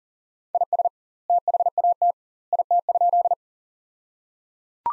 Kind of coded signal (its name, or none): Morse code